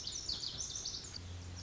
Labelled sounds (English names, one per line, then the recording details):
Lazuli Bunting
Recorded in Sonoma County, California